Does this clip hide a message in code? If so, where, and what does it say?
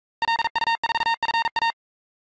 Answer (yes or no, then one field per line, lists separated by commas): yes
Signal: Morse code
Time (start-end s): 0.2-1.7 s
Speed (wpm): 42 wpm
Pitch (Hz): 920 Hz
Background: none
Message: LU4FA